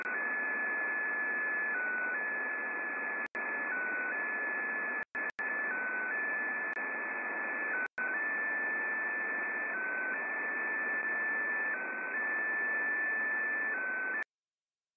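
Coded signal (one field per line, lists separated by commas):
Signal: unidentified radio signal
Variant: XPA2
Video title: XPA2 Spy Station 13538KHZ (Data) transmission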